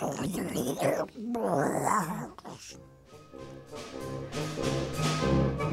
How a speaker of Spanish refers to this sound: De repente su panza gruñó tan fuerte que se escuchó a kilómetros a la redonda.